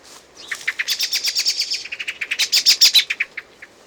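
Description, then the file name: Common blackbird calls: a fast run of sharp, clicking chink notes, rising in loudness then fading. "Turdus merula"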